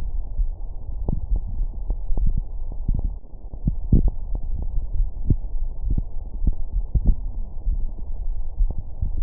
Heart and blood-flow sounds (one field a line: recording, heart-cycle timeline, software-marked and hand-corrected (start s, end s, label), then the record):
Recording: heart sounds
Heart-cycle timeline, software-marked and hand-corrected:
not marked
From the record:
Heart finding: coronary artery disease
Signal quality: poor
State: rest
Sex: male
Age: 55 years